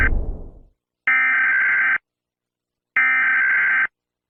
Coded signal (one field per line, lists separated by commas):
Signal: Emergency Alert System (SAME) tones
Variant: header bursts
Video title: Animals Take Over - REBORN (AN EAS Scenario)